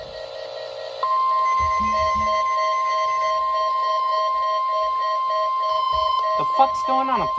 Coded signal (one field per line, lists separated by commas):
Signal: Emergency Alert System (SAME) tones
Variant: 1050 Hz attention tone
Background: speech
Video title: (EAS #118) KLOT Required Weekly Test